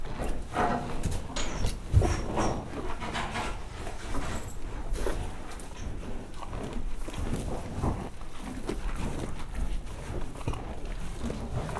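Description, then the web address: Horses eating, with irregular crunching and chewing clicks and soft shuffling throughout, plus an occasional louder knock. Horses eating in a stable in a farmyard. "allathangok parasztudvar lo istallo lovakestehenesznek vizeles"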